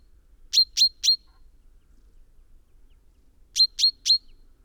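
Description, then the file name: Common chaffinch calling: two bursts of three bright, clipped notes, separated by a silent gap of about two and a half seconds. "Fringilla coelebs"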